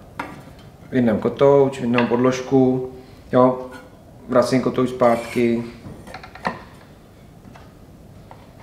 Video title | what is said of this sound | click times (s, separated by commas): Nejlepší ruční aku kapovací pila na trhu? Mafell KSS60 (K65) | The pad to fit me has such a star that it clicks into place. | 6.5 s